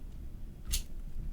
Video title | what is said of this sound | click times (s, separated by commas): The Windowlicker Room - EP. 432 - Making It | see if you can hear it click | 0.7 s